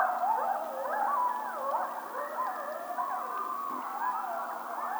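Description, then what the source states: Coyotes in a group chorus, many wavering yips and howls that rise and fall and overlap in a dense, continuous tangle. Coyote howl recorded 2007-03-16.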